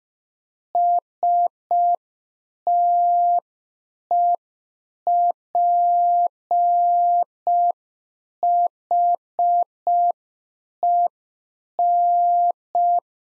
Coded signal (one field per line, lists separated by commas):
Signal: Morse code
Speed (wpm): 5 wpm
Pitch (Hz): 700 Hz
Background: none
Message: STEPHEN